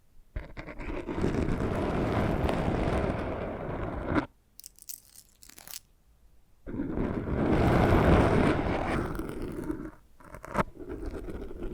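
Scratching and brushing sounds come in two long, dense bursts of rough, crackly friction, from about half a second to four seconds and again from seven to ten seconds. Between them sit near-silent gaps broken by a few faint taps and clicks. No talking.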